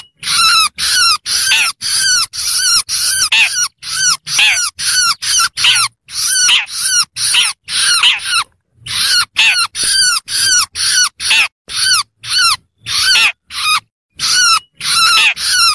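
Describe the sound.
Long-tailed Shrike chattering song of rapid, scratchy notes with whistled overtones, delivered continuously with only brief breaks.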